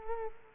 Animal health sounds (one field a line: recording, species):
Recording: mosquito wingbeat signal from an infrared sensor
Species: Culex quinquefasciatus